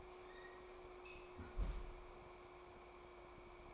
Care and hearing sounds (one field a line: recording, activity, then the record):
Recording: daily activity, microphone in the room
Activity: close fridge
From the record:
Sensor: 1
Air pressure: 1004.6 hPa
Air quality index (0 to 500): 194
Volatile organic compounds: 17 ppm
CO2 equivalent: 2566 ppm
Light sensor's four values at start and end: 4/10/4/4 and 4/10/4/4